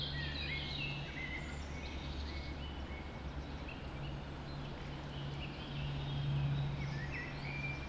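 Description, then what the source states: Birds in dawn chorus, several thin high songs and chirps layered over a strong low droning hum. Dawn chorus recorded just after dawn in the Forest of Dean.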